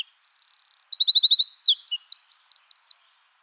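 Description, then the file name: Eurasian wren song: a high buzzy trill opens, followed by rapid chattering notes and looping warbled phrases that end abruptly. "troglodytes troglodytes"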